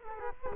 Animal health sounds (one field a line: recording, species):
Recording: mosquito wingbeat signal from an infrared sensor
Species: Culex quinquefasciatus